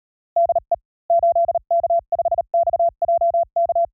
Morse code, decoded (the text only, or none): DE 8K5XJK